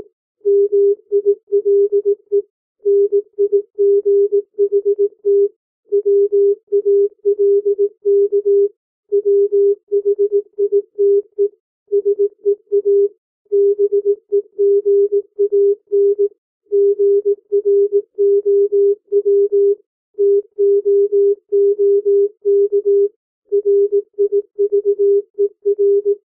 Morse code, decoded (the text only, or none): MILE NIGHT WALK WHITE SEA BEGAN GROW TOOK RIVER